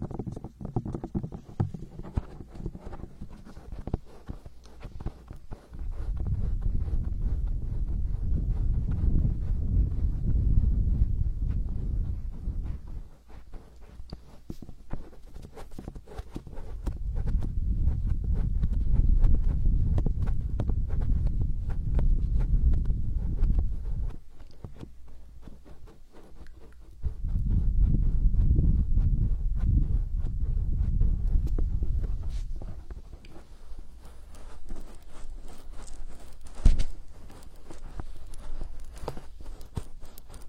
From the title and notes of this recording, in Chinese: 手部按摩3（声控助眠）。